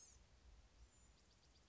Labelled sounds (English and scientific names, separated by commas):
Blue-gray Gnatcatcher (Polioptila caerulea)